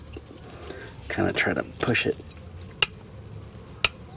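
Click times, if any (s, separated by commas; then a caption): 2.8 s, 3.9 s. A steel-backed front brake pad on a 2014 Mazda 3 2.5L is pushed into the spring clips on the caliper bracket while someone talks. Two sharp metallic snaps ring out at 2.8 s and 3.9 s as the pad seats in the clips.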